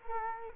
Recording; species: mosquito wingbeat signal from an infrared sensor; Culex quinquefasciatus